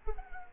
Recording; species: mosquito wingbeat signal from an infrared sensor; Culex quinquefasciatus